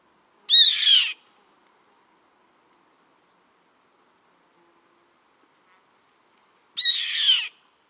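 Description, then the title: Yellow-headed Caracara uttering two short, harsh, rasping screeches about six seconds apart, with silence between them. "LuckyPassaro Completos2Sama. Yellow-headed Caracara (Milvago chimachima)"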